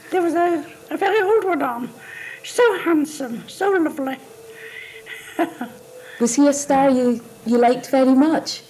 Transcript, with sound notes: There was a very good one on. So handsome. So lovely. [laughs]
Was he a star you liked very much?